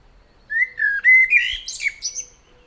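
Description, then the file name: Common blackbird giving a short fluted warble of several clear whistled notes that rise into a brief, high, scratchy flourish. "Turdus merula"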